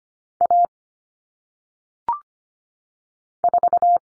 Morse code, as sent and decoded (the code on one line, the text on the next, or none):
.- / ....-
A 4